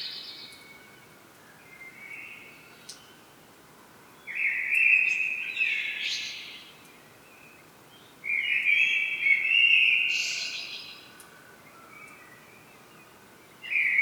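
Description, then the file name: Common blackbird singing rich, fluted phrases that end in high, scratchy flourishes. Two full phrases with quiet gaps between, and a third begins at the end. "Turdus merula"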